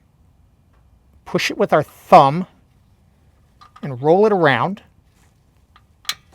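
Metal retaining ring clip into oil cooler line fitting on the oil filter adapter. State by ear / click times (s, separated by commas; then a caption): seated / 6.1 s. A metal retaining ring clip is pressed in with the thumb and rolled around the groove of the oil cooler line fitting on the oil filter adapter of a 1996–2000 GM OBS 4WD K truck with a Vortec V8 5.0L/5.7L, during an oil cooler line leak repair. Someone talks, then a short, sharp click is heard at 6.1 s as the clip snaps into place and is seated.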